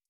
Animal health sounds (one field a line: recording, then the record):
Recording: hydrophone in a shrimp aquaculture tank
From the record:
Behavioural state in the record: stressed